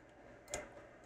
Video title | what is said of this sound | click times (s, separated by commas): Samsung S21 Ultra Sandwich Board Reball Tutorial. It was Water Damaged & Customer Needed Their Data | Solid click. | 0.5 s